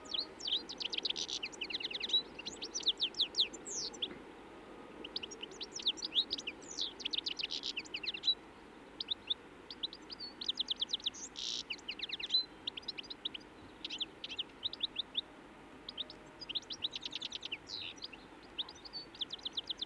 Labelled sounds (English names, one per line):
European Goldfinch song